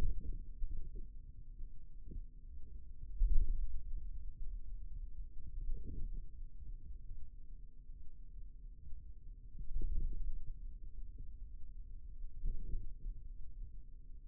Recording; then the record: forearm muscle sounds (acoustic myography)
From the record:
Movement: wrist extension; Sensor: system 2, bracelet of six BSWA MPA416 microphones around the upper forearm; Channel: 4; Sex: male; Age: 22 years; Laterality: right